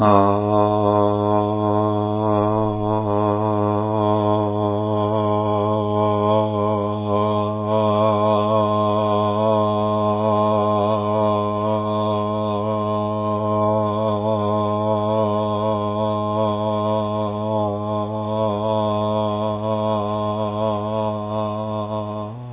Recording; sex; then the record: sustained vowel /a/; male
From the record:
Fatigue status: no fatigue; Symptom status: symptomatic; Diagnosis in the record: COVID-19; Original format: 3gp